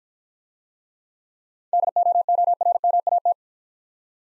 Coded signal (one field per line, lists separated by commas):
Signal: Morse code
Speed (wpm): 56 wpm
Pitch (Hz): 700 Hz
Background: none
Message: DOORMAT